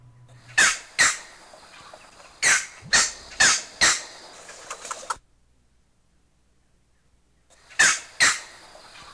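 Green heron giving harsh, abrupt squawks in short bursts, some paired, others in a quick run, followed by a silent gap and then two more squawks.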